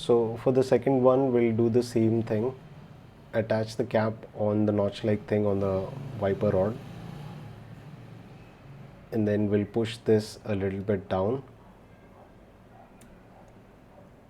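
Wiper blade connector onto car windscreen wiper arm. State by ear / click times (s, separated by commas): not seated / none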